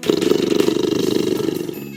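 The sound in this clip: Tiger roaring: a sustained, rough, pulsing growl with a steady throbbing rhythm lasting the whole two seconds, fading slightly at the end.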